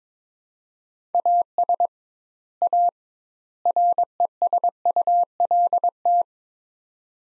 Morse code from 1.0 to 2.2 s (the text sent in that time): AS